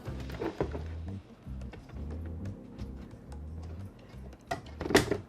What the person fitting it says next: dia bunyi klik gitu